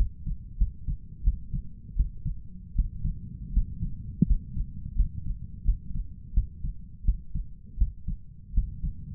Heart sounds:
heart sounds by stethoscope; 83 bpm
0.58 s: heartbeat
1.24 s: heartbeat
1.96 s: heartbeat
2.75 s: heartbeat
3.53 s: heartbeat
4.26 s: heartbeat
4.96 s: heartbeat
5.65 s: heartbeat
6.34 s: heartbeat
7.05 s: heartbeat
7.78 s: heartbeat
8.54 s: heartbeat
From the record:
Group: healthy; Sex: male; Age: 23 years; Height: 179 cm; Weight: 87 kg

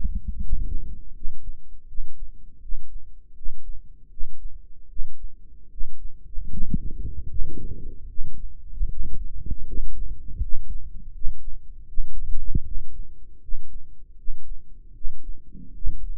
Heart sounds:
heart sounds by microphone in the right ear; 78 bpm
0.39 s: heartbeat
1.13 s: heartbeat
1.86 s: heartbeat
2.60 s: heartbeat
3.34 s: heartbeat
4.09 s: heartbeat
4.88 s: heartbeat
5.69 s: heartbeat
6.49 s: heartbeat
7.27 s: heartbeat
8.07 s: heartbeat
8.88 s: heartbeat
9.65 s: heartbeat
10.40 s: heartbeat
11.12 s: heartbeat
11.86 s: heartbeat
12.63 s: heartbeat
13.40 s: heartbeat
14.16 s: heartbeat
14.93 s: heartbeat
15.73 s: heartbeat
From the record:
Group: healthy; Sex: male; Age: 35 years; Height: 180 cm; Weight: 86.9 kg

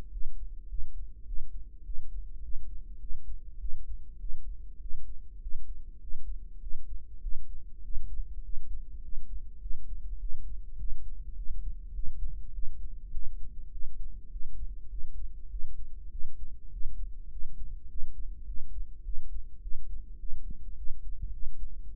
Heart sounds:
heart sounds by microphone in the right ear; 102 bpm
0.12 s: heartbeat
0.69 s: heartbeat
1.27 s: heartbeat
1.85 s: heartbeat
2.43 s: heartbeat
3.01 s: heartbeat
3.60 s: heartbeat
4.20 s: heartbeat
4.81 s: heartbeat
5.42 s: heartbeat
6.01 s: heartbeat
6.62 s: heartbeat
7.23 s: heartbeat
7.84 s: heartbeat
8.44 s: heartbeat
9.03 s: heartbeat
9.62 s: heartbeat
10.20 s: heartbeat
10.79 s: heartbeat
11.37 s: heartbeat
11.94 s: heartbeat
12.54 s: heartbeat
13.13 s: heartbeat
13.72 s: heartbeat
14.31 s: heartbeat
14.91 s: heartbeat
15.51 s: heartbeat
16.11 s: heartbeat
16.72 s: heartbeat
17.31 s: heartbeat
17.90 s: heartbeat
18.47 s: heartbeat
19.05 s: heartbeat
19.62 s: heartbeat
20.19 s: heartbeat
20.77 s: heartbeat
21.33 s: heartbeat
21.89 s: heartbeat
From the record:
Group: healthy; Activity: cold pressor test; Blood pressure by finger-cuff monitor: 144/94 mmHg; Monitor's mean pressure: 112 mmHg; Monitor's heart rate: 103 bpm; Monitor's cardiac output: 7.5 L/min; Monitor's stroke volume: 73 mL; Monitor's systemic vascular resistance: 1070 dyn s/cm5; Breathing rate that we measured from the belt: 19 breaths a minute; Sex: male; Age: 21 years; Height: 175 cm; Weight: 72.6 kg

